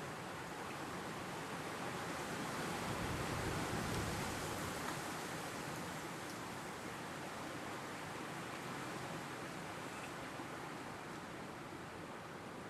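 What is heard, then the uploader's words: A heavy snowstorm wind roars in a dense, steady rush across low and high tones, swelling slightly around four seconds before settling evenly. Intense Blizzard somewhere in the Mountains┇Freezing Snow Storm┇Heavy Wind Sounds.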